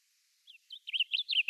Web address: Schulze Peter Blue Grosbeak song